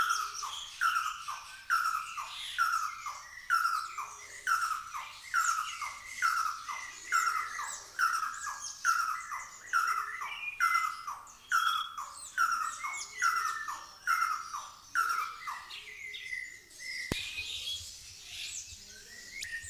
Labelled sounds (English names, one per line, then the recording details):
Red-and-yellow Barbet call
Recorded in captivity
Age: adult
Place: Zoo Berlin, Berlin, DE
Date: 2002-10-22 12:20
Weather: overcast, 13°C
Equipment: Nagra SN, Kopie Uher 4000 Report Monitor
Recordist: Tembrock, Günter
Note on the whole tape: Lange Rufreihe (Entfernung 1 m)